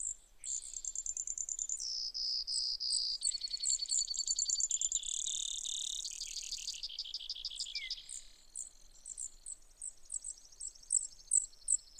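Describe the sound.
Brewer's sparrow song: a long, high series of trills and buzzy segments that change pitch every second or so, ending in scattered high chips.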